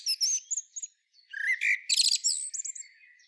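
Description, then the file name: Common blackbird in a brief pair of bursts of high whistles and fast scratchy twitter, a short pause between them. "Turdus merula"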